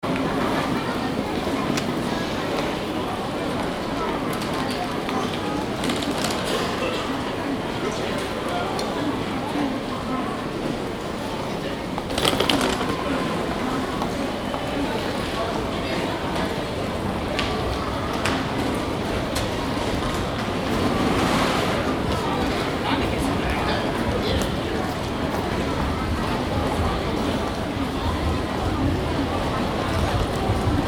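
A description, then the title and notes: Lower levels of a busy train station, filled with a steady, dense murmur of many voices blending together. Footsteps and small clacks dot the crowd noise, with a brief louder burst near twelve seconds and another swell around twenty-one seconds. Kyoto Station - Lower Levels. Sound recorded with Zoom H2N in 2 channel surround mode.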